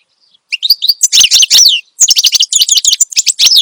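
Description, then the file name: Finch singing a dense, rapid stream of high chirps and trills in two long bursts with a brief break between them. Energetic chattering finch song ('gacor dor'), described as suited for masteran, training other songbirds. "Suara Kicauan Burung Finch Gacor Dor Cocok Untuk Masteran"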